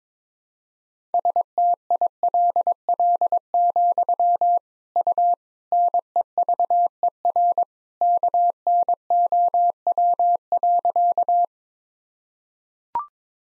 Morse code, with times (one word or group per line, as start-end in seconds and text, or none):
1.1-4.6 STILL,
5.0-5.3 U
5.7-7.6 NEVER
8.0-11.4 KNOW.